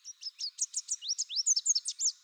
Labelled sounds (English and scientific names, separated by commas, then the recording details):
Chestnut-capped Warbler (Basileuterus delattrii) song
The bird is a male
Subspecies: delattrii
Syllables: 15
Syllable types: 9
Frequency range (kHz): 2.9-8.7 kHz
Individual CR-WYS-M